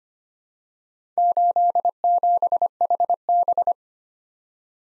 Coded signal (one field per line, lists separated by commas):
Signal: Morse code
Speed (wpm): 25 wpm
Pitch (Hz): 700 Hz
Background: none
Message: 87HB